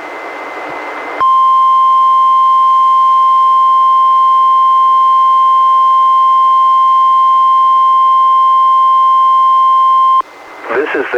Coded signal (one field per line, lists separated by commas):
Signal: Emergency Alert System (SAME) tones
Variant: 1050 Hz attention tone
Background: speech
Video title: EAS #299-304: 6 NWR Required Weekly Tests- Apr. 10-May 15, 2019